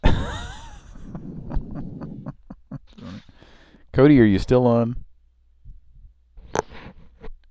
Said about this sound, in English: Or is that me breathing in the mic? I could hear some loud breathing, so I'm pretty sure that was... I thought that was him.